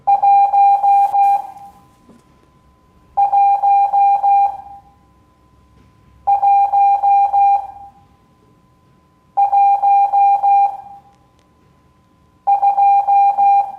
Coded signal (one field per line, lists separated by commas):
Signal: Morse code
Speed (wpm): 16 wpm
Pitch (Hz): 800 Hz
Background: none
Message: 11112